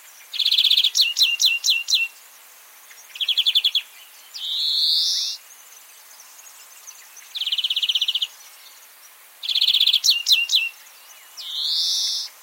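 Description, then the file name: European greenfinch song with quick chirp series, short trills and a long wheezy rising buzz, repeated in alternating phrases. "Chloris chloris"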